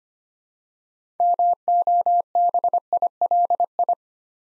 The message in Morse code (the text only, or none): MOBILI